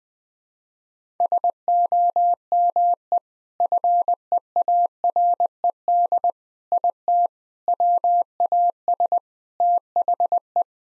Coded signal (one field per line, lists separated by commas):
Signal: Morse code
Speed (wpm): 21 wpm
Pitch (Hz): 700 Hz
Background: none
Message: SOME FEARED IT WAS THE